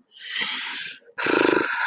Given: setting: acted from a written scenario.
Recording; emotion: vocal sound without words; shame